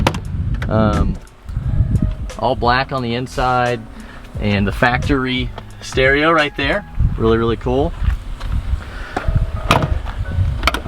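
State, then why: Seated. Someone talks over the interior of a Porsche 911 Turbo (3.3) before its car door is swung shut near the end. The door latch catches into the door striker with a solid clunk at 10.7 s, seating closed.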